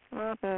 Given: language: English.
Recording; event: throat vibration sensor signal played as sound; speech